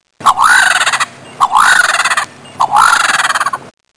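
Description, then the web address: Bird call: three loud, rattling, gobbling bursts, each about a second long and rising slightly in pitch, repeated roughly every 1.2 seconds, with no other sounds. "Animals Birds"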